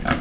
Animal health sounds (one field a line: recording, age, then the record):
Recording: pig call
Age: growing-finishing pig (85 days or more)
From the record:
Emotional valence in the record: positive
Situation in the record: enriched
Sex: female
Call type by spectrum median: low-frequency call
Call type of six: low-frequency modulated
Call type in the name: low-frequency modulated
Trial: 2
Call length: 0.21 s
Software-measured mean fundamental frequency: 61 Hz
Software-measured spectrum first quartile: 234 Hz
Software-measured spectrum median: 709 Hz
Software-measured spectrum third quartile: 1576 Hz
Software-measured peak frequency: 241 Hz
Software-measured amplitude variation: 219 dB a second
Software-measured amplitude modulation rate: 23.3 a second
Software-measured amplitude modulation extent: 9.4 dB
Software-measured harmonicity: -0.7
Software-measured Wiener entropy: -1.42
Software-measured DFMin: 632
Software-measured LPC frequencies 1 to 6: 514, 1451, 4454, 6574, 7530, 9171 Hz